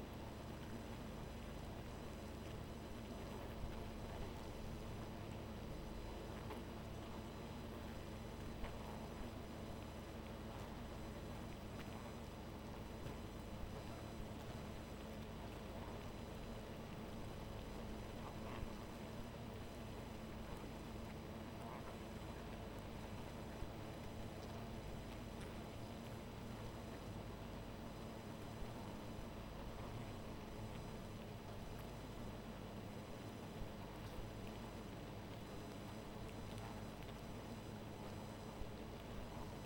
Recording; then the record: honeybee colony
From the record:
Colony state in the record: missing queen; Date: 14 July 2017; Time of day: 1:28